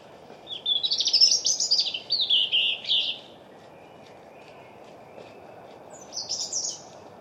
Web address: Deverinetal 2025 Bird Only Er Ru